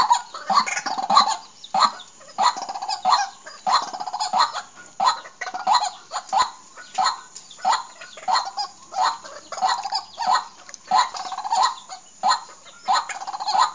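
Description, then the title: Bird calling in harsh, clucking bursts repeated about every two-thirds of a second, each burst rich and chattering, with a steady rhythm throughout. "Suara Burung"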